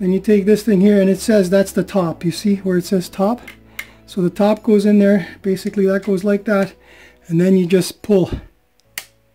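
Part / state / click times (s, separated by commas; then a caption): plastic soft-close part into drawer runner / seated / 9.0 s. A plastic soft-close damper part marked "top" on an IKEA Maximera kitchen drawer runner is set in place and pulled while someone talks. A sharp click at 8.8 s is followed by a louder snap at 9.0 s as the part latches into the runner and is seated.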